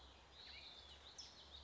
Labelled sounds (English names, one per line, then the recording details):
California Towhee
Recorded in Sonoma County, California